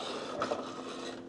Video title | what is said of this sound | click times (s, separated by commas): Using the Ninja Professional SLUSHi Machine to make a Milkshake and Soda Slushie | it locks into place | 0.4 s